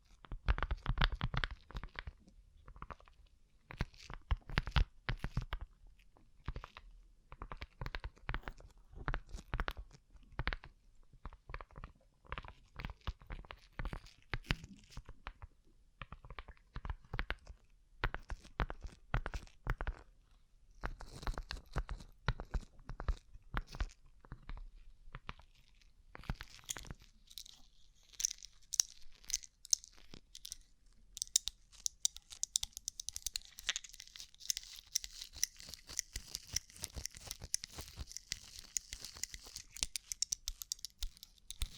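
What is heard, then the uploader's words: Rhinestone-covered tapping in dense, irregular clusters of crisp clicks and crunchy scrapes, turning brighter and glittery after about thirty seconds. ASMR Rhinestone Covered Tapping 3Dio (No Talking).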